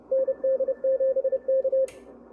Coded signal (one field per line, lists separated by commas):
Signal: Morse code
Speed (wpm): 30 wpm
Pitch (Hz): 530 Hz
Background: radio noise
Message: ND7K